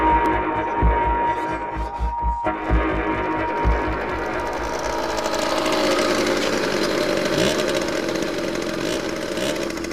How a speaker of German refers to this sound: Na, ihr beiden, seid ihr mit dem Mofa-Fahren fertig?